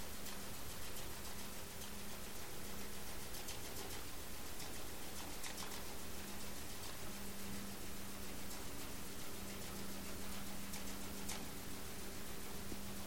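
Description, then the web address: Sperm whale clicks, a series of ticks, denser early and sparser later, over a low hum. Recorded by ONC hydrophone NAXYS HYD 052 in the Strait of Georgia, 27 March 2018, around 19:17 UTC. "data raw sperm Whale Clicks sog-onc 20180327"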